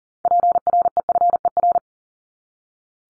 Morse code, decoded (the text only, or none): PREFER